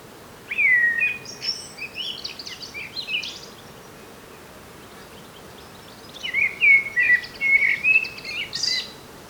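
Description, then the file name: Common blackbird singing two phrases several seconds apart, each with mellow fluted notes and scratchy high twitters, and a quiet pause between them. "Turdus merula"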